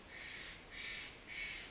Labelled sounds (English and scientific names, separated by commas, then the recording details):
Steller's Jay (Cyanocitta stelleri)
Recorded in Sonoma County, California